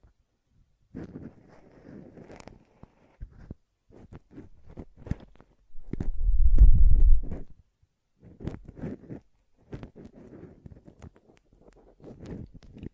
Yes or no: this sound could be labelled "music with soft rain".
no